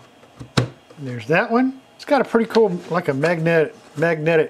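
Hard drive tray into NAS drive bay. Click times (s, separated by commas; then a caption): 0.6 s. The second hard drive tray slides into the other bay of a NAS and latches with a sharp click at 0.6 s, seating it. Someone talks through the rest of the clip.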